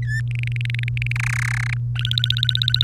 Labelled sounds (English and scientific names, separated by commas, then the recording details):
Domestic Canary (Serinus canaria) song
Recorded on 3 May 2018 at 09:26
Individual llb3